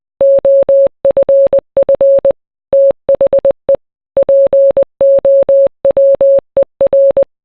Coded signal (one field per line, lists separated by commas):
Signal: Morse code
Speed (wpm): 20 wpm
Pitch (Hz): 550 Hz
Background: none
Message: OFF THE POWER